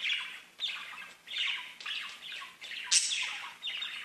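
Budgerigar chatter, repeated scratchy squawks and chirps, with one sharp high screech.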